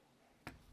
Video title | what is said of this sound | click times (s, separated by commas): How To: Disassemble and Reassemble a Glock Frame | it goes see you can hear them click - oh that went too far but there | 0.5 s